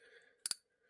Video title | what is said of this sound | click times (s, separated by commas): HOW TO MEASURE PISTON TO BORE CLEARENCE | You turn this until it clicks. Okay. Okay. And when it clicks, | 0.5 s